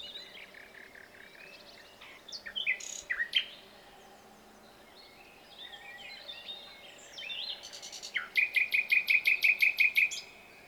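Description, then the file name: Common nightingale song phrases: varied sharp notes and short whistles, a quiet stretch, then a long, fast, even series of repeated notes ending abruptly. "Luscinia megarhynchos"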